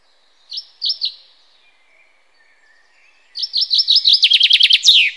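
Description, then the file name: Common chaffinch gives three short separate notes, falls silent for about two seconds, then launches into a fast, rattling trill of repeated notes. "Fringilla coelebs"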